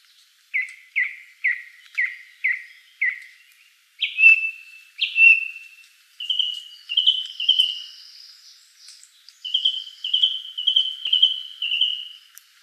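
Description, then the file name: Song thrush song with a note repeated six times in quick succession, then varied whistled phrases, some notes doubled or tripled, with a thin high tone behind. Recorded 12 June 2013. "12 06 2013 Singdrossel"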